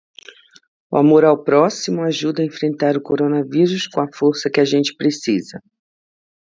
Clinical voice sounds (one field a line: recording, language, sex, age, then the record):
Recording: spoken sentence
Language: Brazilian Portuguese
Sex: female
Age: 50 to 59 years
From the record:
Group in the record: control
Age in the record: 54 years